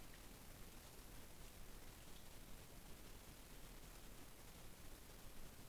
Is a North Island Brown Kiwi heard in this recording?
no